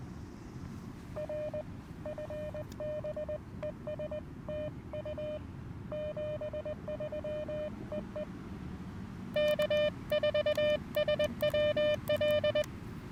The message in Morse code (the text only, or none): R FB ES TU 73 EE K4SWL